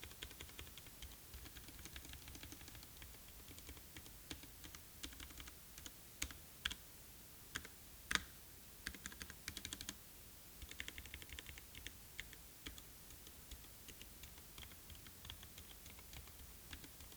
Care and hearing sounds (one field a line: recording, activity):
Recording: daily activity, guitar pickup as the sensor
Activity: type